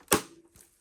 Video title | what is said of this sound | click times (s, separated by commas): Cleaning the Playstation 5 PS5 for the first time 4 years after we got it... How bad is it??? | Snaps right in. Perfect. | 0.1 s